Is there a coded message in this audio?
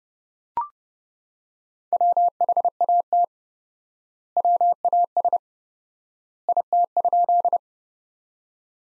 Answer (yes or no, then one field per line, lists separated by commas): yes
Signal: Morse code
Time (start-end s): 1.9-7.6 s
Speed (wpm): 30 wpm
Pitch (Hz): 700 Hz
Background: none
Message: WHAT WAS IT?